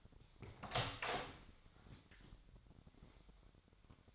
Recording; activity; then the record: daily activity, microphone in the room; open door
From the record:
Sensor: 3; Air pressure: 1007.3 hPa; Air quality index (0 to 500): 199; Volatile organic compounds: 16 ppm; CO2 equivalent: 2552 ppm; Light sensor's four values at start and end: 12/28/12/12 and 12/29/12/12